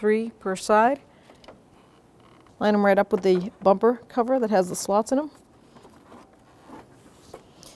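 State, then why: Not seated. Someone talks while a plastic grille cover's six bottom tabs, three per side, are lined up with the slots in the bumper cover of a 2005-2021 Nissan Frontier 4.0L V6, with only faint rubbing and small plastic handling sounds. The cover has not been pushed home and nothing has clicked into place yet.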